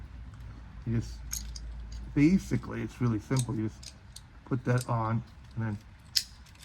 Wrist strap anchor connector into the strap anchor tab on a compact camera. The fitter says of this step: satisfying little click and then you have